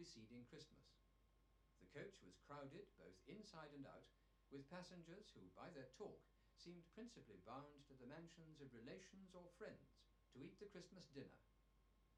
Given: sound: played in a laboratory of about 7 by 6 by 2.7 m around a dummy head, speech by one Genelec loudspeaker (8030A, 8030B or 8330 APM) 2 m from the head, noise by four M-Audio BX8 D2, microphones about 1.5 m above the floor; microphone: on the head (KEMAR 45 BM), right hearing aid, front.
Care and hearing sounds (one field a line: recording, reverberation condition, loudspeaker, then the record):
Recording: male speech in English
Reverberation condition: low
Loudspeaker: behind (180 degrees)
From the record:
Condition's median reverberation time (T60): about 310 ms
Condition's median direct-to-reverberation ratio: about 3.5 dB